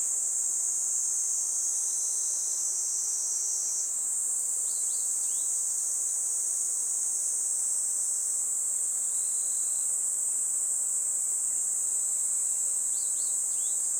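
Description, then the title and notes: Kaempfer cicada song as a constant shrill electric buzz, with small bursts of bird chirping. Chorus of many Kaempfer cicadas in a forest by the Tama River, Japan, as they began singing in summer, a pleasant noise heralding summer; birds also calling. "多摩川の森、ニイニイゼミたちの合唱"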